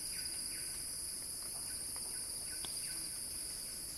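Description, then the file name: Cicada song, a steady high buzzing drone in two bands that holds level throughout, with short falling whistled bird notes scattered across it. Cicada song building in a crescendo. "earth-fm Axel-Drioli Cicada-Crescendo-Sounding-Wild"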